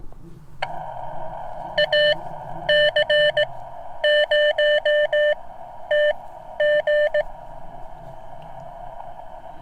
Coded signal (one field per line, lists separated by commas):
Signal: Morse code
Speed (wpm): 18 wpm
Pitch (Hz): 600 Hz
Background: none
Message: AC0TG